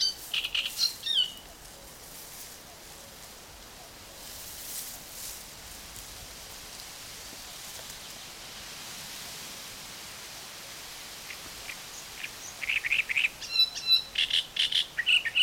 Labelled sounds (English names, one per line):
Great Reed Warbler